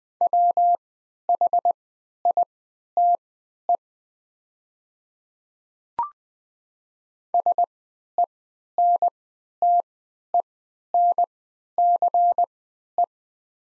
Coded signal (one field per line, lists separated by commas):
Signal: Morse code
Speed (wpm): 20 wpm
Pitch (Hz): 700 Hz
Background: none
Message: WHITE SENTENCE